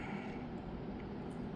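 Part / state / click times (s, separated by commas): wiring connector into a suspension strut / not seated / none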